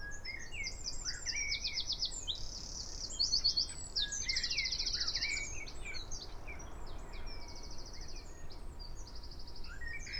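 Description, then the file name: Eurasian wren belting out an energetic run of high, tightly packed trills and ticking notes, with one long rattle mid-way. "Troglodytes troglodytes"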